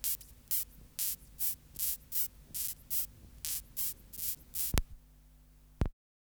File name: Mesambria dubia